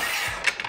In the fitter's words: It just slides on right here like this and locks in place.